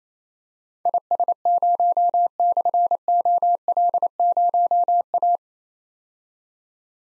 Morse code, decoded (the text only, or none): IS0/OL0A